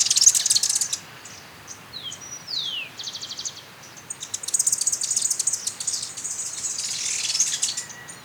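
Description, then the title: Black-crested warbler calls: high thin chips and sharp downslurred notes, then a dense, buzzy, high chattering burst lasting several seconds. "Myiothlypis Nigrocristata"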